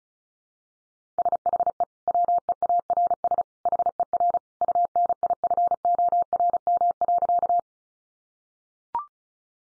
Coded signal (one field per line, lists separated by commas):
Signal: Morse code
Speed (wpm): 34 wpm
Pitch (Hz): 700 Hz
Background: none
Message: SHE WEARS HER UNIFORM.